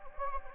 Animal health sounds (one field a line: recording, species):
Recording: mosquito wingbeat signal from an infrared sensor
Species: Anopheles gambiae